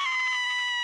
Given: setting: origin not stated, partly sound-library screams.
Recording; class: one-second piece from a danger detection set; woman in danger